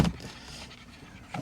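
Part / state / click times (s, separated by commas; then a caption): radar detector into mirror blend mount / not seated / none. An Escort radar detector is being pushed onto a plastic blend mount on the mirror of a C6 Corvette. A brief burst of handling noise at the start fades into quiet, with a faint tap at 0.2 s and a louder handling sound at 1.4 s. Nothing has seated or clicked yet.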